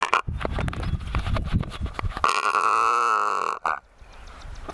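Secretarybird calling: low guttural grunts, then a long harsh rasping call with a steady tonal buzz, ending abruptly.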